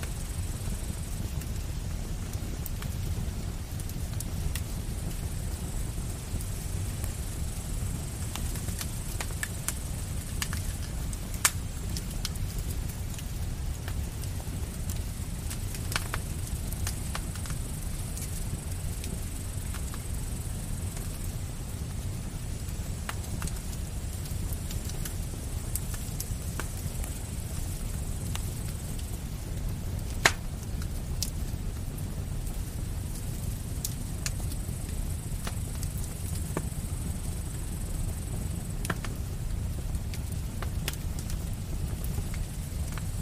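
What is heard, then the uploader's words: A campfire crackles with scattered small snaps, and sharper pops stand out near 11 and 30 seconds. A steady, high cricket chorus hangs over the whole scene, above a soft, constant low rumble that stays even throughout. Twilight at a Campsite: Campfire and Forest Sounds. Relax by the crackling fire as crickets chirp under the light of the moon.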